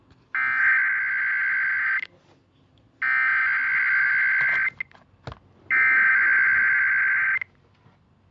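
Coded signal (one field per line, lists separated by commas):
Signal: Emergency Alert System (SAME) tones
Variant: header bursts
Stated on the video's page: Real EAS alerts: North Dakota high wind warning, Kansas monthly test, DC and Virginia Amber Alerts, Minnesota 911 outage, and NOAA Weather Radio weekly test.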